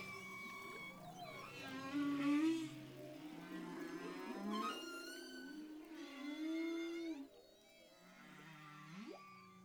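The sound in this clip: Humpback whale song: quiet varied phrases of low groans, buzzy harmonic bursts and a final steep rising whoop.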